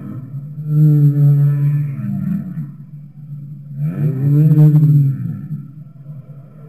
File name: Humpback whale - Song